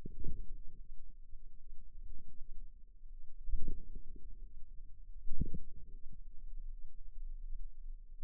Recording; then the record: forearm muscle sounds (acoustic myography)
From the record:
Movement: inward rotation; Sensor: system 2, bracelet of six BSWA MPA416 microphones around the upper forearm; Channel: 2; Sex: female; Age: 23 years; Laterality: right